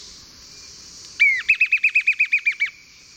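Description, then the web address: Lawrence's thrush song phrase: a single opening note, then a rapid, evenly spaced series of about ten clipped, looping high notes. Eastern lowlands of South America. "WLL Grade 1-12 Pre-Uni Library Enter Natures Songs S America Eastern Lowlands Lawrence's Thrush"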